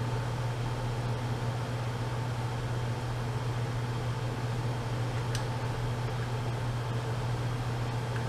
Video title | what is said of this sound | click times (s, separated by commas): How to replace Trailer Wheel Bearings | you want to listen for that nice solid click and | 5.4 s